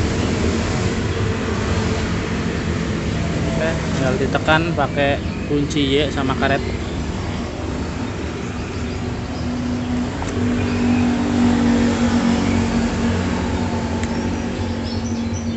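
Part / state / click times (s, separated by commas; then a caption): rubber-sealed part pressed into motorcycle engine near spark plug / not seated / none. Someone talks while a rubber-fitted part is pressed into a motorcycle engine near the spark plug using a Y-wrench, amid steady vehicle and traffic noise, during work on oil seeping around the spark plug area. Short sharp knocks are heard at about 10.2 s and 14.0 s. The part has not seated or clicked yet.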